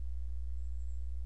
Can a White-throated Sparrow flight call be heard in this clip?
no